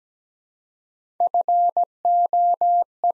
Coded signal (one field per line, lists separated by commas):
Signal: Morse code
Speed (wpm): 17 wpm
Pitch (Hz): 700 Hz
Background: none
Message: FOE